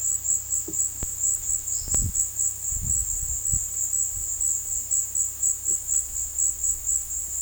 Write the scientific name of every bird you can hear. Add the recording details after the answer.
none. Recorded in dense forest near Puerto Asís, Putumayo, Colombia, on 20 February 2024 at 16:30. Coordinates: 0.485, -76.322. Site G6406